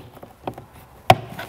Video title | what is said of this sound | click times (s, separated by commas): LichtsinnRV.com - Winnebago Revel Educational Orientation & Walk Through | then it just snaps back in there just like that really easy to do | 1.1 s